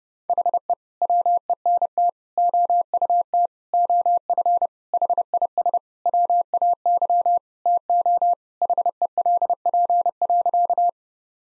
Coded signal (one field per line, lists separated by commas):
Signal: Morse code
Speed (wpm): 32 wpm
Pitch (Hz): 700 Hz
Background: none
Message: HE WENT OUT OF HIS WAY TO HELP.